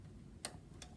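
A latching SATA data cable is pushed into a motherboard SATA port, giving a sharp, bright click at 0.5 s over a quiet background, followed by a fainter tick near 0.8 s. The cable's locking mechanism catches, and the connector is seated and secured.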